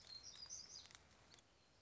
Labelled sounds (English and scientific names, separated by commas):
Black-throated Gray Warbler (Setophaga nigrescens)